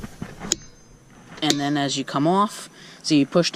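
A click-type torque wrench tightens a fastener on a bolt again in a second demonstration, and a single sharp, loud click at 0.5 s marks the wrench breaking at its setting. Afterward, someone talks.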